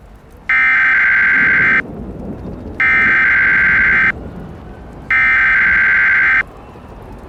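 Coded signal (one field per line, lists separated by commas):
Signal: Emergency Alert System (SAME) tones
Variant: header bursts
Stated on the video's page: Fictional EAS scenario, not a real alert.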